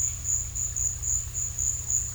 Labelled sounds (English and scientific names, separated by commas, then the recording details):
none
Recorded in dense forest near Puerto Asís, Putumayo, Colombia, on 18 December 2024 at 15:30
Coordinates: 0.467, -76.328
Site GP05